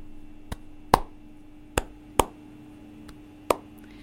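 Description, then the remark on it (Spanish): Sharp hand claps, made in place of a missing cajita (box drum) to accompany a song, in an uneven rhythmic pattern, about six in four seconds, alternating softer and louder accented claps over a faint steady hum, with no talking. “Bueno, no está la cajita, pero vamos a hacer con las palmas.”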